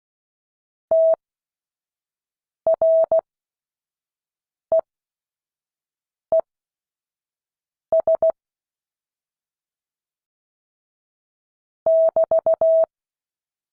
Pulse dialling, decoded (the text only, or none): none